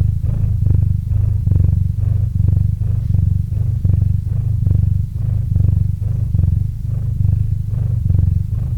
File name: Kot Murchik - Murchanie kota kot murchal v mikrofon